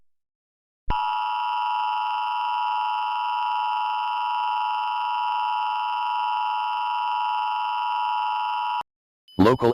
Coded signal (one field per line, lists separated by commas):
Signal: Emergency Alert System (SAME) tones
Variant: 853 and 960 Hz attention tone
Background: speech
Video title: unfinished eas scenario: Artificial Terror